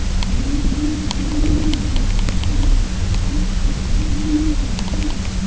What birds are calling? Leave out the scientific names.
none